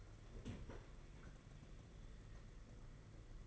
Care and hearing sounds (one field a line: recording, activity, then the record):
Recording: daily activity, microphone in the room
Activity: open fridge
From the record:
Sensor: 4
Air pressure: 992.7 hPa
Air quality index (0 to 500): 168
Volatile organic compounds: 235 ppm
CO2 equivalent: 4321 ppm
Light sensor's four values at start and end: 19/66/24/25 and 19/66/24/25